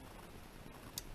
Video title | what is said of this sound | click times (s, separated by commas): DIY How To: Mercury Outboard Maintenance (Fuel Filters) #DIY #MercuryMarine #Maintenance | push it till it clicks and that fuel filter is now complete | 1.0 s